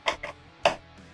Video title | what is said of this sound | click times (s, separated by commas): Building The $28 Amazon Test Bench (Livestream) | there we go click | 0.7 s